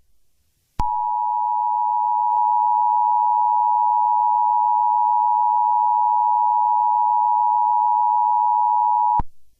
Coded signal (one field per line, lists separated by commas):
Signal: Emergency Alert System (SAME) tones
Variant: 853 and 960 Hz attention tone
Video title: EAS Scenario - FireBall